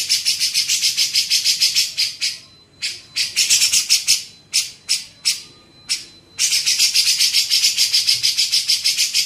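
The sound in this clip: Grey-cheeked bulbul producing rapid rasping notes, first in a dense run, then in scattered separate bursts with gaps, before a continuous fast series resumes.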